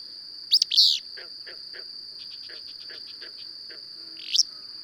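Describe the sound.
Bird song: two sharp, loud chirps in the first second and another near the end, with soft clicking notes between, over a steady high insect-like whine.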